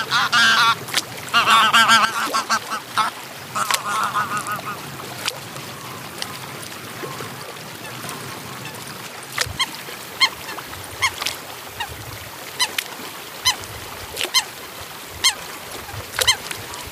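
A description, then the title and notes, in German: Ducks on a lake call in a burst of loud, nasal quacking during the first four or five seconds, then fall mostly quiet. Afterward, sharp clicks and small splashes recur irregularly over a steady low background hush. Natur - Fuschlsee, Salzburger Land. Aufnahme des Sees mit Enten.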